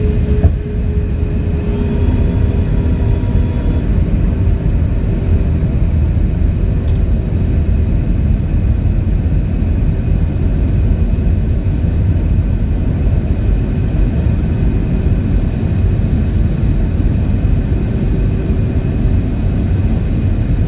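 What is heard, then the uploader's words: An airplane landing, heard as a steady, dense low roar of engine and airflow that holds level for the whole stretch. Thin whining tones sit above the rumble, one sliding downward early on, with a brief higher whine around the second to fourth seconds. Landing at JFK.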